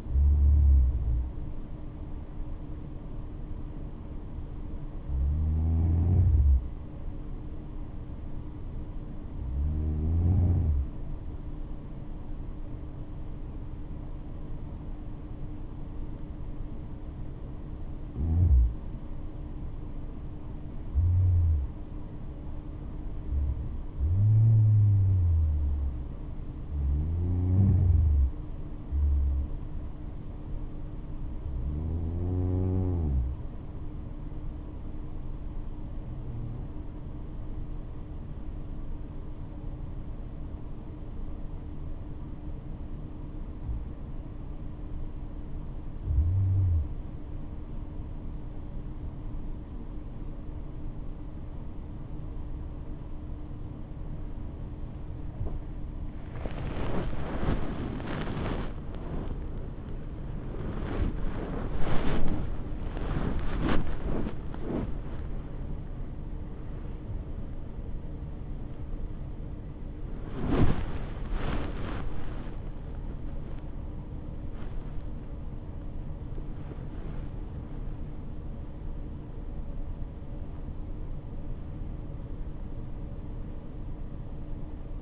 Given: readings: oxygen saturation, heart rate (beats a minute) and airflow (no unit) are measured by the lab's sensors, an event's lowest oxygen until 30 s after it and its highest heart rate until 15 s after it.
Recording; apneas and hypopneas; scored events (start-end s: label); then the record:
breathing in sleep by a smartphone at the bedside; 2
9.00-20.80 s: hypopnea (N2, oxygen 96% highest, then 92% lowest, heart rate 74 at the start, 76 highest)
33.00-46.60 s: hypopnea (N2, oxygen 95% highest, then 91% lowest, heart rate 68 at the start, 88 highest)
58.00-85.02 s: new sleep stage, awake
61.00-85.02 s: awake
From the record:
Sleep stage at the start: N2 (light sleep); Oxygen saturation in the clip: 91 to 98%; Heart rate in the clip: 45 to 98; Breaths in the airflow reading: 19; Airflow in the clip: -11.5 to 10.9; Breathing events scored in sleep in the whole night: 228 in 5.4 hours asleep